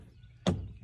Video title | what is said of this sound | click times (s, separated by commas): Rescuing Your Rubbermaid: DIY Repair for Cracked Stock Tank | past the rubber it pops right in there | 0.5 s